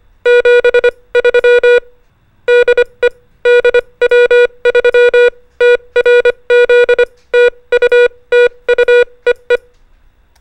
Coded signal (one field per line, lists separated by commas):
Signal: Morse code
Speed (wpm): 25 wpm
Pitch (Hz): 480 Hz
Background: music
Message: 73 DE DW3TRZ TU TU EE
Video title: The Making Of Amazing Helen Joyce Archibald VA1YL - CANADA | MABUHAY X-stitch Call | Amateur Radio